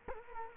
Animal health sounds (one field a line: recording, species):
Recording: mosquito wingbeat signal from an infrared sensor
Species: Culex quinquefasciatus